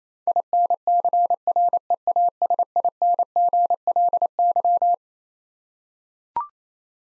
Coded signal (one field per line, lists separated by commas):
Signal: Morse code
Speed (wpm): 27 wpm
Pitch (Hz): 700 Hz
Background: none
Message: INCREASINGLY